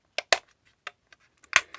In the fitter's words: and just place it in and it will just click into place nicely